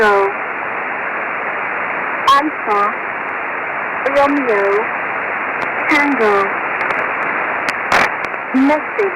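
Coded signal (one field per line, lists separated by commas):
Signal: numbers station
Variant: E10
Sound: voice reading phonetic letters and numbers in short spaced words over steady radio hiss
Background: radio static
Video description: Exploring the E10 Mossad Number Station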